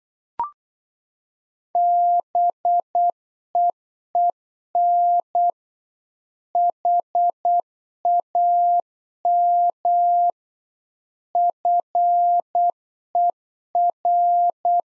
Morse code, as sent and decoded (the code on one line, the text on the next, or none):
-... . . -. / .... .- -- / ..-. . .-.
BEEN HAM FER